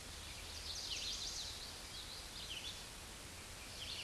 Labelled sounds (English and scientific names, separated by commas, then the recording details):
Chestnut-sided Warbler (Setophaga pensylvanica) song
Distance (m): 45 m
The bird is about 5 m above the microphone
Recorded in a Pennsylvania forest on 16 May 2024 at 07:35
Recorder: AudioMoth, point MSD-2287
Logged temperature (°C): 11.2 °C
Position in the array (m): 105 m, -5 m